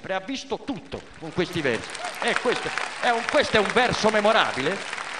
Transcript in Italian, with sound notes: Ha visto tutto! …con questi versi (applausi) …eeeh, questo, questo è un verso memorabile…